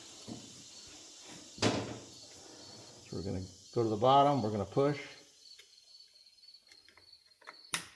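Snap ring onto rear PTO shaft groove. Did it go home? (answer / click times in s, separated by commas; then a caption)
yes / 7.7 s. A snap ring on the rear PTO shaft of a John Deere 425/445/455 garden tractor is pushed from the bottom with a screwdriver while someone talks. A sharp metallic snap at 7.7 s marks the ring seating into its groove.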